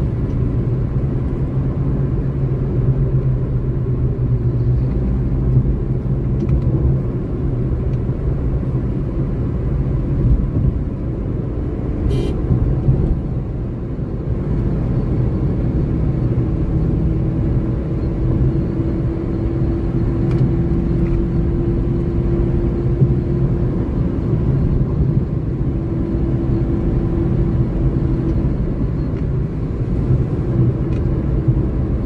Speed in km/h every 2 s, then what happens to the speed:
112, 98, 98, 103, 107, 112, 115, 121, 123, 128, 130, 133, 125, 130, 124, 124.
0-3 brakes to 98. 3-21 speeds up to 133. 21-32 slows to 124.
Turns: none.